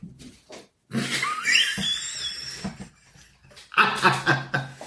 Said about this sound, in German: Dieses Aufstoßen. Ey, das ist. Ich weiß auch nicht, wo das gerade herkommt. Ey. Das war so ein zustimmendes Aufstoßen.